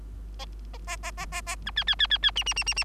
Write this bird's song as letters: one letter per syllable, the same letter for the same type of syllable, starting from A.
A A A A A A B C C C C C D D D D D